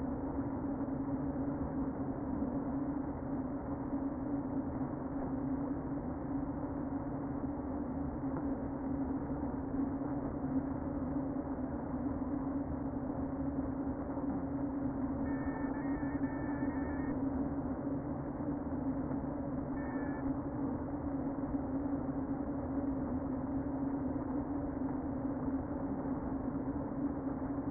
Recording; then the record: honeybee colony, microphone inside the hive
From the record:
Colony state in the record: queen present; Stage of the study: before two queens were removed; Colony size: about 60,000 bees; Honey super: yes